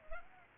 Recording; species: mosquito wingbeat signal from an infrared sensor; Culex pipiens